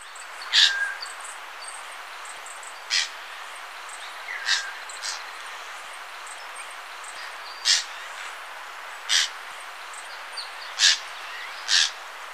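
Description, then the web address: Beautiful jay uttering brief harsh, scratchy calls every one to three seconds, some with a lower drawn-out tail, against a constant faint high hiss. Ecuador. "Birds of Ecuador. Beautiful Jay"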